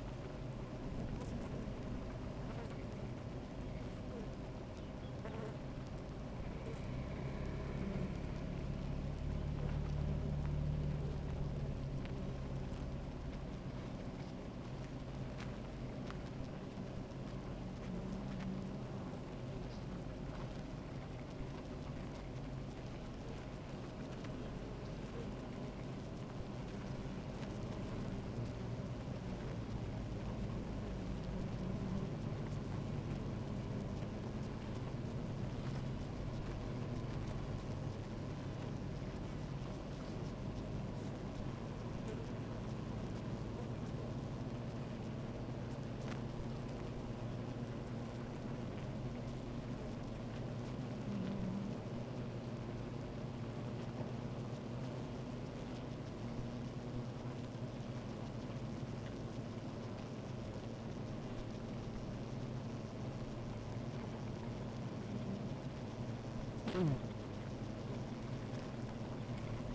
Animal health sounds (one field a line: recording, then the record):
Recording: honeybee colony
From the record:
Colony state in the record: active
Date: 28 July 2017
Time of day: 13:11